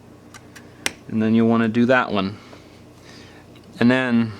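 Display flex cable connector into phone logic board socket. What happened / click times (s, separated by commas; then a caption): The small flex connector snapped onto its socket / 0.9 s. The middle screen flex cable connector is pressed by finger onto its socket on an iPhone 5 logic board and snaps into place. It seats with one sharp click at 0.9 s, a few faint ticks come just before it, and then someone talks.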